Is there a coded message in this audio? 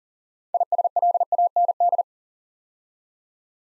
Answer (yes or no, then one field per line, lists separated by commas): yes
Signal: Morse code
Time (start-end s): 0.5-2.0 s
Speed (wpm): 39 wpm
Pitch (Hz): 700 Hz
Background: none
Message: ISLAND